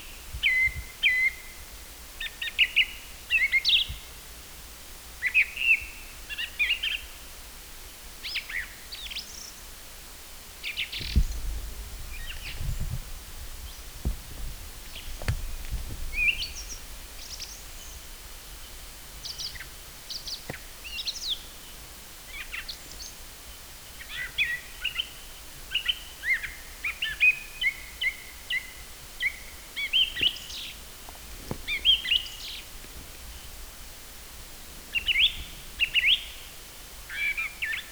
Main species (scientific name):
Turdus philomelos